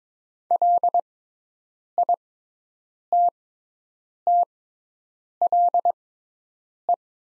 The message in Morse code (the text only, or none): LITTLE